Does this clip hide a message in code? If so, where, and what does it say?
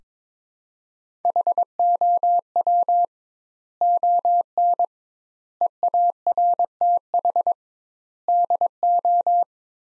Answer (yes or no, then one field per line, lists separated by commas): yes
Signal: Morse code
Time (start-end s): 1.3-9.4 s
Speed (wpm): 23 wpm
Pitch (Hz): 700 Hz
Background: none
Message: HOW ON EARTH DO